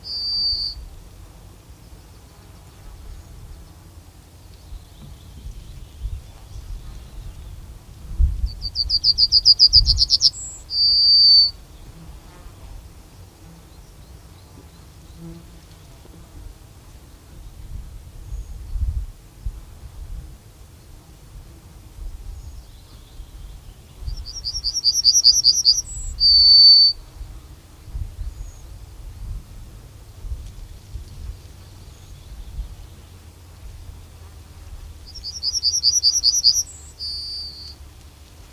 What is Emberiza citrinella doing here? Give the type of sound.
song